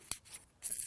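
A plastic flush-cup bracket for a JBL tweeter is pressed into a hole cut in a car door panel and snaps into place with a single sharp click at 0.1 s. Quiet rustling follows, then a brighter, hissy scraping from about 0.6 s to the end. The bracket is seated.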